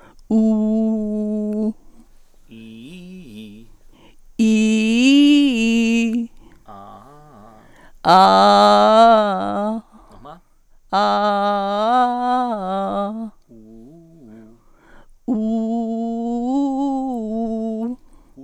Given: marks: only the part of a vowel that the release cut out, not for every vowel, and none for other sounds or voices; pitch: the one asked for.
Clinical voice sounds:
sustained vowels; female; 70 to 79 years
0.35-1.61 s: vowel /u/, low pitch
4.57-6.00 s: vowel /i/, low-high-low pitch
11.01-13.00 s: vowel /a/, low-high-low pitch
15.77-17.73 s: vowel /u/, low-high-low pitch
From the record:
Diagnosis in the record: recurrent laryngeal nerve paralysis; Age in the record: 73 years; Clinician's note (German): Alte, kompensiert

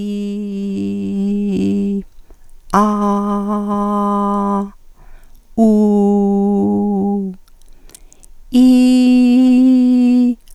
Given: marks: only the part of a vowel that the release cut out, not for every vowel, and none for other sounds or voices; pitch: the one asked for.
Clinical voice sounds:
sustained vowels; female; 70 to 79 years
0.00-1.88 s: vowel /i/, normal pitch
2.76-4.50 s: vowel /a/, normal pitch
5.64-7.10 s: vowel /u/, normal pitch
8.57-10.20 s: vowel /i/, high pitch
From the record:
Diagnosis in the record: recurrent laryngeal nerve paralysis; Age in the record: 75 years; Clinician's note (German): Strumiprive li mit guter Kompensation

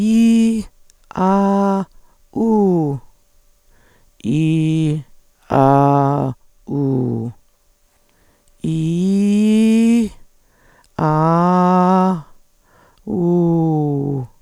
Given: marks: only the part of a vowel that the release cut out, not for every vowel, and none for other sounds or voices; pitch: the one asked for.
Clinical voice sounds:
sustained vowels; female; 50 to 59 years
0.00-0.53 s: vowel /i/, high pitch
1.21-1.76 s: vowel /a/, high pitch
4.35-4.89 s: vowel /i/, low pitch
5.58-6.11 s: vowel /a/, low pitch
8.75-9.95 s: vowel /i/, low-high-low pitch
11.06-12.06 s: vowel /a/, low-high-low pitch
13.22-13.98 s: vowel /u/, low-high-low pitch
From the record:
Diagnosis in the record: recurrent laryngeal nerve paralysis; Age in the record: 57 years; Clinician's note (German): Strumipriv, rechts, ohne phonatorische Kompensation

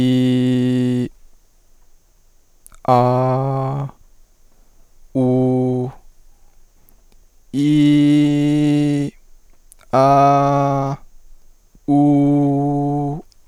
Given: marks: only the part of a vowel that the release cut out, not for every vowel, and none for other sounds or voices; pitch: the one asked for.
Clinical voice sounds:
sustained vowels; male; 20 to 29 years
0.00-0.98 s: vowel /i/, normal pitch
3.00-3.77 s: vowel /a/, normal pitch
5.22-5.82 s: vowel /u/, normal pitch
7.73-8.60 s: vowel /i/, high pitch
10.06-10.80 s: vowel /a/, high pitch
12.03-13.08 s: vowel /u/, high pitch
From the record:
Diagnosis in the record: healthy voice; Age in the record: 22 years

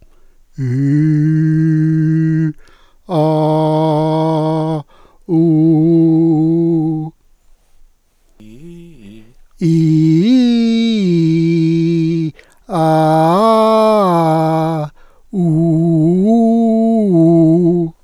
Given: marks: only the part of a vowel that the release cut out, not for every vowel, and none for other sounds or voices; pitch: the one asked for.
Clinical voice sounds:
sustained vowels; male; 60 to 69 years
0.79-2.37 s: vowel /i/, low pitch
3.40-4.67 s: vowel /a/, low pitch
5.45-6.81 s: vowel /u/, low pitch
9.74-12.17 s: vowel /i/, low-high-low pitch
12.81-14.69 s: vowel /a/, low-high-low pitch
15.48-17.73 s: vowel /u/, low-high-low pitch
From the record:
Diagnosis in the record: healthy voice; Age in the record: 65 years

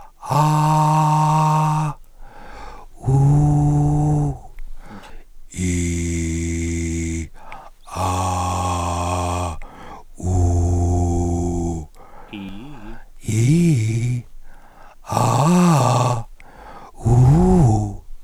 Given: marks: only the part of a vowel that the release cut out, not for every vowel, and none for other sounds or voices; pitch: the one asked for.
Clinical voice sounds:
sustained vowels; male; 40 to 49 years
0.53-1.83 s: vowel /a/, high pitch
3.19-4.20 s: vowel /u/, high pitch
5.72-7.16 s: vowel /i/, low pitch
8.09-9.39 s: vowel /a/, low pitch
10.39-11.70 s: vowel /u/, low pitch
13.32-14.13 s: vowel /i/, low-high-low pitch
15.19-16.12 s: vowel /a/, low-high-low pitch
17.12-17.81 s: vowel /u/, low-high-low pitch
From the record:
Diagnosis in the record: recurrent laryngeal nerve paralysis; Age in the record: 47 years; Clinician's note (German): Idiophatische rechts in Intermediärstellung; breite glottische Insuffizienz

